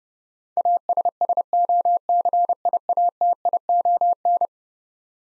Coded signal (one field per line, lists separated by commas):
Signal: Morse code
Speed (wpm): 31 wpm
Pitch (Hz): 700 Hz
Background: none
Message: ASSOCIATION